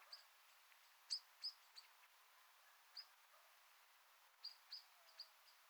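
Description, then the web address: Common blackbird calls: short, sharp high notes given singly and in pairs, spaced irregularly, over a soft steady background hiss. "SETE Turdus merula"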